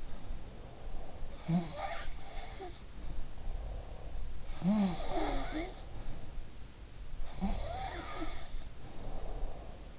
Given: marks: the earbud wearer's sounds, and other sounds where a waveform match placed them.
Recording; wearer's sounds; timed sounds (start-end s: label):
sounds in sleep by an in-ear microphone; breath
0.00-1.38 s: breath
1.28-3.43 s: sound from someone else or the room
2.94-4.46 s: breath
4.46-6.52 s: sound from someone else or the room
7.24-9.67 s: sound from someone else or the room